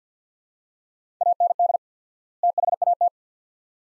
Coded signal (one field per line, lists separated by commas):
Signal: Morse code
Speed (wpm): 50 wpm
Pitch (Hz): 700 Hz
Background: none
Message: AND THAT